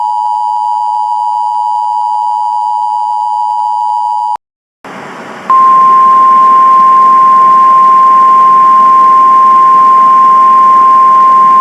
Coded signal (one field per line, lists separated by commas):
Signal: Emergency Alert System (SAME) tones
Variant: 853 and 960 Hz attention tone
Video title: Snow Squall Warning - EAS #7